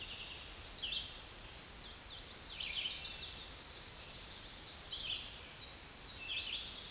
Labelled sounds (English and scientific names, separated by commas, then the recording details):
Red-eyed Vireo (Vireo olivaceus) song
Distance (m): 15 m
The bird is about 10 m above the microphone
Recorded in a Pennsylvania forest on 16 May 2024 at 07:48
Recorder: AudioMoth, point MSD-2287
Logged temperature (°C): 11.2 °C
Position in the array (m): 150 m, 29 m